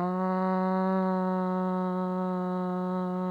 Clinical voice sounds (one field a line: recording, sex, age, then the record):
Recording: sustained vowel /a/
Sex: female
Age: 40 to 49 years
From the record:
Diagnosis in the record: healthy control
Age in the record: 40 years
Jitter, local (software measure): 0.35%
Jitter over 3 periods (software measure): 0.21%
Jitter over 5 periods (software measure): 0.23%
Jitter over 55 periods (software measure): 0.35%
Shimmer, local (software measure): 3.4%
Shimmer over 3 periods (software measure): 1.8%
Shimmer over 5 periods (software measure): 2.1%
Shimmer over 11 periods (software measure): 2.7%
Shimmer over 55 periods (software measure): 5.5%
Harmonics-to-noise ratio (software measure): 22.5 dB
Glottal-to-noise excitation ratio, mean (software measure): 0.93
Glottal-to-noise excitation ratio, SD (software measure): 0.027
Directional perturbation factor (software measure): 78.5%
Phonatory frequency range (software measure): 0.13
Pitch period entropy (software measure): 0.41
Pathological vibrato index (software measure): 0.18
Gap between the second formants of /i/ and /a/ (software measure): 1925 Hz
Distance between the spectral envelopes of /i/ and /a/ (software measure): 10.6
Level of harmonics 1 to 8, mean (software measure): -2.8, -10.0, -10.1, -14.3, -12.4, -15.6, -17.3, -26.6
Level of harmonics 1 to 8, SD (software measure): 1.2, 0.9, 2.2, 2.9, 2.6, 2.8, 1.3, 3.3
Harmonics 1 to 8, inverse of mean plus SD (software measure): 0.250, 0.092, 0.081, 0.058, 0.067, 0.054, 0.054, 0.033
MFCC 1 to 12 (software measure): 3.7, -12.9, -6.9, 2.7, -12.8, -4.9, -11.4, -7.5, -9.7, -13.3, -9.3, -9.7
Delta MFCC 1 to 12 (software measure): 0.000, 0.015, -0.008, 0.013, -0.017, 0.002, 0.005, -0.006, 0.025, -0.022, -0.012, -0.028